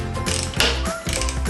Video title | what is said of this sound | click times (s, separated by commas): How to fix into Plasterboard - Video #1 | There's an audible click, which is really useful when you're fixing because you know that it's starting to work. | 0.6 s